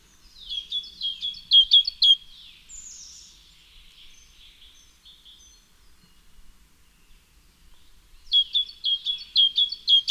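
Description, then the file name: Great tit giving rapid runs of sharp high notes, a burst at the start and another near the end, with a softer sliding note between them. "Parus major"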